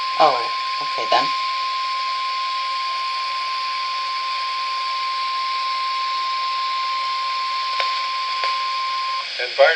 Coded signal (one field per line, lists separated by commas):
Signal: Emergency Alert System (SAME) tones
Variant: 1050 Hz attention tone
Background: speech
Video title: Severe Thunderstorm Warning (EAS #61)